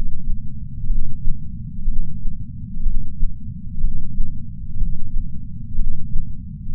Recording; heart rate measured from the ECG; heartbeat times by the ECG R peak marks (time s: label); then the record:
heart sounds by patch sensor on the chest; 61 bpm
0.86 s: heartbeat
1.85 s: heartbeat
2.83 s: heartbeat
3.80 s: heartbeat
4.77 s: heartbeat
5.75 s: heartbeat
6.75 s: heartbeat
From the record:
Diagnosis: coronary artery disease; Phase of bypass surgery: preoperative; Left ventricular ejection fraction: 62.4%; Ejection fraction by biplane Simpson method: 59%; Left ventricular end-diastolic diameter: 53 mm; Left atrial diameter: 40 mm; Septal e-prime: 7.2 cm/s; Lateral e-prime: 9.5 cm/s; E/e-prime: 9.1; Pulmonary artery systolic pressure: 23 mmHg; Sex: male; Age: 60 years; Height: 180 cm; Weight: 100 kg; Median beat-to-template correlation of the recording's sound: 0.92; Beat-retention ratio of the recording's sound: 0.96